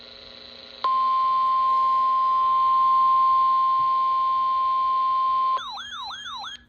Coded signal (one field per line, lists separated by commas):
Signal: Emergency Alert System (SAME) tones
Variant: 1050 Hz attention tone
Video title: EAS Alerts From 7/5/26: A Compilation (EAS 1246-1255)